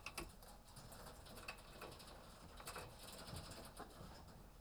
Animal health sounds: poultry house recording; healthy chickens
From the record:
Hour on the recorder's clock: 18

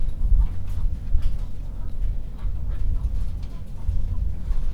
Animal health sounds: poultry house recording; no chicken sound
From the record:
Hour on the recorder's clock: 21

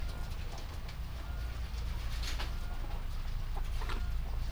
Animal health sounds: poultry house recording; sick chickens (respiratory disease)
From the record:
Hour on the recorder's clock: 21

